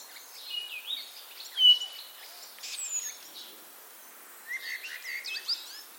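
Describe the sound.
Common starling calls: scattered whistled slurs, clicks and squeaky chatter, with a louder sharp note early and a busier burst toward the end.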